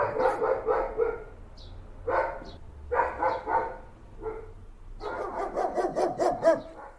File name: German Shepherd Dog